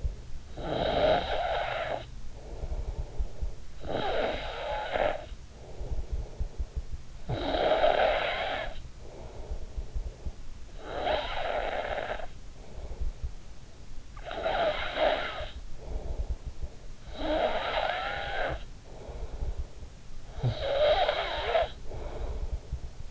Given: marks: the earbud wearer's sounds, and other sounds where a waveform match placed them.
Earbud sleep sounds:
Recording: sounds in sleep by an in-ear microphone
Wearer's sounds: snoring breath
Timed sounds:
0.00-13.63 s: snoring breath
13.89-19.95 s: snoring breath
20.15-23.11 s: snoring breath

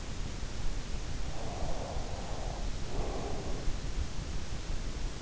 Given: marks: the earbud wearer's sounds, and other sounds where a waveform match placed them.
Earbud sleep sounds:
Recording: sounds in sleep by an in-ear microphone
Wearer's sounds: breath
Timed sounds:
1.32-3.64 s: breath

